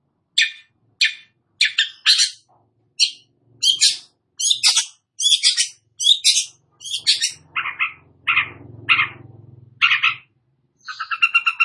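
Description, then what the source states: Long-tailed shrike song of spaced, scratchy high notes, then lower, harsh calls, with a soft low hum underneath. Bird described as 'gacor', meaning singing vigorously.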